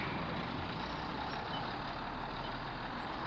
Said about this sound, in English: The bus left from in front of the hotel.